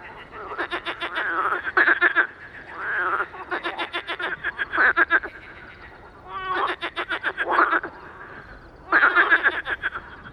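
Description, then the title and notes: Marsh frogs calling in rapid, rattling, laughing bursts of pulses lasting one to two seconds, several overlapping calls with short pauses between bouts. Recorded 11 May 2019 in the evening at Étang de Beaumont, a small pond; rain, 14°, cool day; intense calling activity; Nagra Seven with MKH40 on a boom. "Soirée aux Grenouilles rieuses. 11 mai 2019-Étang de Beaumont - pluie - 14° - Nagra seven - mkh40 sur perche. le chant des grenouilles rieuses"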